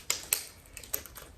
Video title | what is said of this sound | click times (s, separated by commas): TEMU - Must have PATRIOTIC 🇺🇸 item!! | They say you have to push it really hard. Ah, and I heard it pop. Did you hear it pop? | 0.3 s